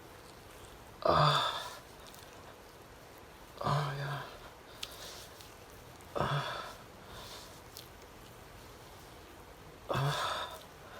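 A man breathes heavily, each breath a short, harsh, airy burst with a low voiced moan under it. Four of these come at fairly regular intervals, roughly every three seconds, separated by near silence with faint breath sounds.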